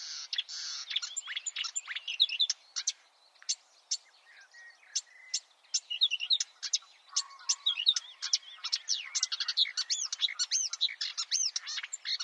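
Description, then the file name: Marsh warbler song, an energetic, varied chatter of high whistles, crisp clicks, trills and slurred notes, delivered rapidly with a few brief pauses. "suara kicauan burung marsh warbler. omkicau"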